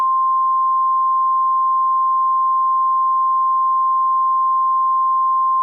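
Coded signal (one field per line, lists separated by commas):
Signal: Emergency Alert System (SAME) tones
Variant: 1050 Hz attention tone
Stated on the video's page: Fictional scenario alert.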